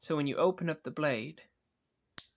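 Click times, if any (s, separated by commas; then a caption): 2.2 s. Someone talks while a single-blade pocket knife with a steel blade and a back lock is opened. After a short pause, the blade snaps into its locked open position with one sharp click at 2.2 s, confirming it has locked into place.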